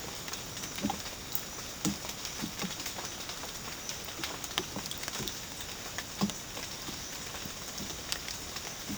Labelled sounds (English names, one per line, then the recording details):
none
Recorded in dense forest near Puerto Asís, Putumayo, Colombia, on 9 March 2025 at 12:30
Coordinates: 0.486, -76.317
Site G053